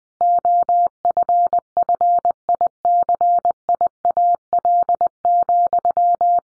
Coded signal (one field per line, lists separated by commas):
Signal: Morse code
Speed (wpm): 20 wpm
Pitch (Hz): 700 Hz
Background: none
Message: OFFICIAL,